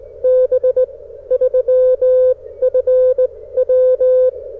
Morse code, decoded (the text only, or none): B 3FW